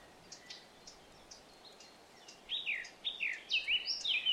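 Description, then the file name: Eurasian blackcap song: soft ticks give way to a loud phrase of clear, slurred whistles in the last two seconds. "Sylvia atricapilla"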